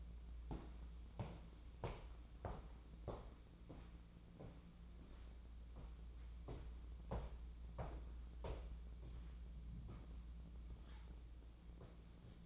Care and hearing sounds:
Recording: daily activity, microphone in the room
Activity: walk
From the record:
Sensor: 1

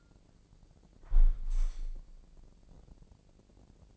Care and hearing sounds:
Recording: daily activity, microphone in the room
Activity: close window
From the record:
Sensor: 5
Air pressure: 1012.4 hPa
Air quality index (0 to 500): 159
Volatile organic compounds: 2 ppm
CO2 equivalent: 1079 ppm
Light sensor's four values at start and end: 105/254/107/118 and 105/253/107/118

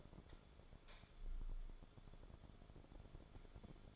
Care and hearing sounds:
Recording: daily activity, microphone in the room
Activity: light on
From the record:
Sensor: 5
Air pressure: 1010.3 hPa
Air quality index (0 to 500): 120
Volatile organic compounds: 2 ppm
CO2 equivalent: 1181 ppm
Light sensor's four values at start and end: 515/1316/545/612 and 516/1321/547/614

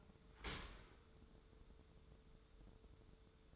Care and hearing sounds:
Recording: daily activity, microphone in the room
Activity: open dishwasher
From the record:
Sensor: 3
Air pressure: 1015.0 hPa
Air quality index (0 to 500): 35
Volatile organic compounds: 1 ppm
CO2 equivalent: 564 ppm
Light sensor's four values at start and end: 11/26/11/11 and 11/26/11/11

